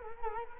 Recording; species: mosquito wingbeat signal from an infrared sensor; Culex quinquefasciatus